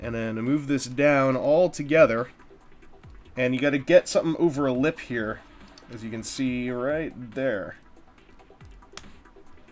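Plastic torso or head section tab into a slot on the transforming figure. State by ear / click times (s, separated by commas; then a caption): seated / 9.0 s. Someone talks while a plastic part of a Vangelus Azalea transforming figure, with its head tilted back as far as it goes, is moved down together and pushed over a lip at the back of the head, so a tab on the torso or head section drops into a slot. A few faint handling taps lead up to a sharp plastic snap at 9.0 s, when the chest part seats in place.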